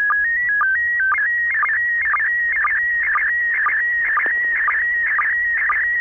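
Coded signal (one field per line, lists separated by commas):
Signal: SSTV (slow-scan television)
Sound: warbling electronic tone shifting in pitch, with regular short low chirps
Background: radio static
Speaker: record the signal and then you can play it back later on the application and for me multiscan 3b and that's what i'll show you right now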